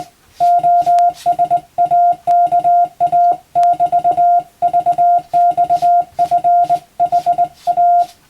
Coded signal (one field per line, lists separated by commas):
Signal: Morse code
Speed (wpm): 21 wpm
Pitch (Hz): 700 Hz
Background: none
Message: OSAKA<BT>VXFHA